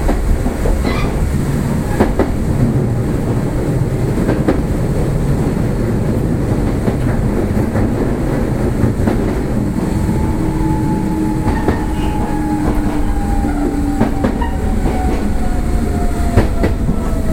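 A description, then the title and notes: A Nishitetsu 600 series electric train runs along, its steady low rumble and rolling noise filling the whole clip. Sharp clicks of the wheels over rail joints come every couple of seconds, and from about ten seconds a thin motor whine hums, slowly falling in pitch. 西鉄600系 貝塚線 新宮から貝塚まで. 西日本鉄道６００系電車の走行音です。 貝塚線で録音しました。 It is a running sound of a series train of Nishinippon Railway 600 series.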